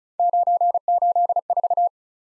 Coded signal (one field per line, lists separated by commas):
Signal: Morse code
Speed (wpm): 36 wpm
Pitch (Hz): 700 Hz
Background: none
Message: 984